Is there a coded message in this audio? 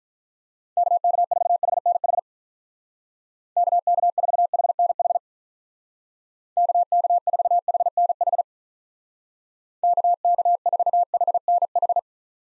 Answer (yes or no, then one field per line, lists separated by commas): yes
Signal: Morse code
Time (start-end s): 0.8-12.0 s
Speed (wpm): 47 wpm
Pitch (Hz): 700 Hz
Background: none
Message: KK4HNH KK4HNH KK4HNH KK4HNH